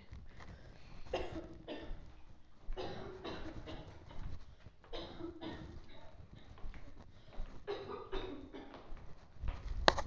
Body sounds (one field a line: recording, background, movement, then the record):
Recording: deep breathing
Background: a bystander coughing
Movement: walking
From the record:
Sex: female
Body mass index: 18.3 kg/m2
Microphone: on the chest, facing outward